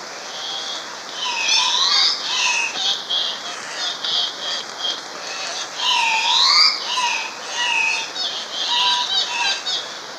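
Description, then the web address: Andean cock-of-the-rock giving scattered, harsh, upslurred squawks, some in short clusters, against a continuous rushing background noise. In Ecuador. "Birds of Ecuador. Andean Cock-of-the-rock"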